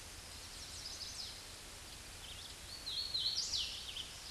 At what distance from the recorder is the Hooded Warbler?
about 25 m